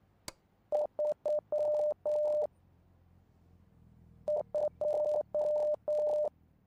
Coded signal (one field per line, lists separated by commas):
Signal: Morse code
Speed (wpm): 9 wpm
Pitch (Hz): 600 Hz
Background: none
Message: 3 2